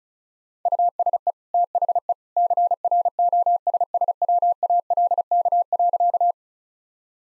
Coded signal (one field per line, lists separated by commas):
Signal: Morse code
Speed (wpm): 34 wpm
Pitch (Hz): 700 Hz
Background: none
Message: USE THE CROSSWALK.